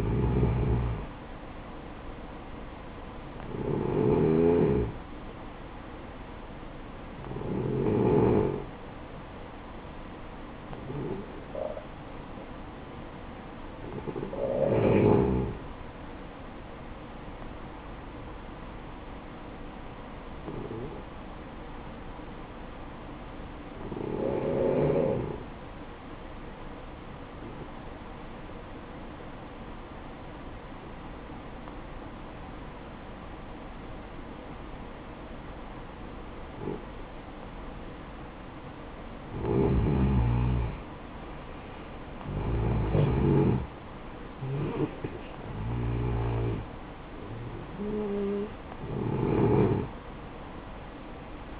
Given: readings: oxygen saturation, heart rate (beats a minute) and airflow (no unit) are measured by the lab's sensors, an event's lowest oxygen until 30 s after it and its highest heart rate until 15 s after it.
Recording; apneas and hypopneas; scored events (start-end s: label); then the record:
breathing in sleep by a voice recorder at the bedside; 1
19.00-40.80 s: hypopnea (N2, oxygen 95% highest, then 88% lowest, heart rate 57 at the start, 69 highest)
From the record:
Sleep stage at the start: N2 (light sleep); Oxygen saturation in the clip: 89 to 95%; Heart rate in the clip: 55 to 69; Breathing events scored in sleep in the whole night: 573 in 9.8 hours asleep